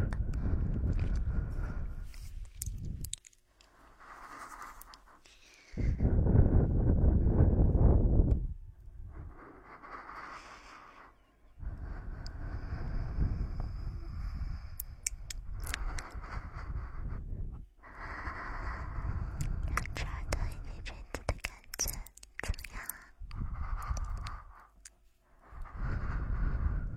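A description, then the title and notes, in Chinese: Close breathing and blowing right beside the ear, in separate breaths with short quiet gaps between them. One strong, rushing blow lands around six to eight seconds. Softer airy breaths and faint mouth clicks fill the rest, and the sound stays very near throughout. 耳边呼吸 吹气。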